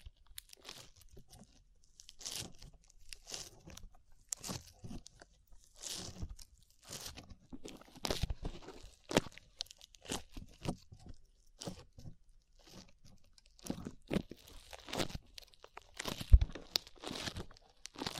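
Sticky slime is squished and pulled in a steady run of short, crackling pops and squelches, coming every half second or so with brief quiet gaps. Each burst is crisp and bright, with a few louder snaps near 8 and 16 seconds.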